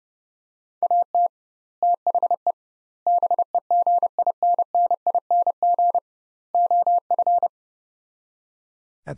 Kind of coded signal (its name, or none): Morse code